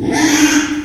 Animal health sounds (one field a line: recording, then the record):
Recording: squeal of a Yucatan mini pig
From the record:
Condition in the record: after surgery on the right vocal fold (resection and tissue-engineered implant)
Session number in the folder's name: 3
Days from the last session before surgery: 33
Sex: male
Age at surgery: 12 weeks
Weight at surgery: 13 kg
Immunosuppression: cyclosporine, prednisolone